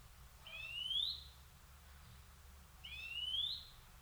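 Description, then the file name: European greenfinch giving two drawn-out, nasal, rising wheezes, each lasting under a second, separated by a short pause. "Chloris chloris"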